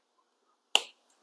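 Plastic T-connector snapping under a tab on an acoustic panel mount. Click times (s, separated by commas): 0.8 s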